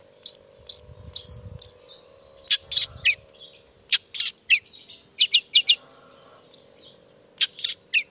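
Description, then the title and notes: Long-tailed shrike song of high sharp chips and short trills in scattered bursts, with brief low thuds early on and a faint hum beneath. Long-tailed shrike in full song (gacor) in the morning, singing the 'toet toet' variation; said to prompt other shrikes to answer. "Cendet Gacor Dor Di Kala Pagi Toet Toet Variasi Suara. Cendet Gacor Pagi Hari Biangnya Bikin Cendet Manapun Langsung On Nyaut Buka Materi. Burung cendet"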